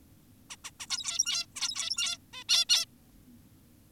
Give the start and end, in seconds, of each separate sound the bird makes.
0.50-0.56, 0.64-0.71, 0.80-0.86, 0.90-1.46, 1.56-2.18, 2.33-2.44, 2.49-2.66, 2.69-2.86